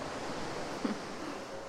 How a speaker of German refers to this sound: Die Sonne blendet, das Schlürfgeräusch der Brandung